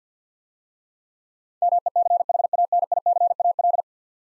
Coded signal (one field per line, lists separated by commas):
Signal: Morse code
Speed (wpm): 50 wpm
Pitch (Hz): 700 Hz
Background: none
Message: MECHANICAL